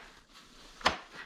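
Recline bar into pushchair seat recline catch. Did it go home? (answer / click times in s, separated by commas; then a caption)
yes / 0.9 s. The recline bar on a Joie Aeria Signature pushchair seat is pushed up and dropped into the seat recline catch. After quiet handling noise, it gives one sharp click at 0.9 s (0.86 s), followed by a softer knock near 1.2 s. The bar is locked at that recline setting.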